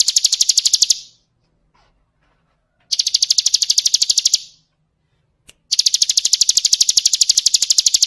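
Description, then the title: Bird giving fast, high pulsed trills, three bursts of a second or more with quiet gaps between. Masteran (songbird training recording), described as the most complete bird collection. "Masteran burung terlengkap"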